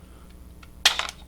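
A pistol magazine is inserted into the magazine well of a polymer pistol after its magazine release has been switched to the right side. It locks fully home with one sharp click at 0.9 s, followed by a few lighter rattles, and there is no strange half click. The magazine is seated.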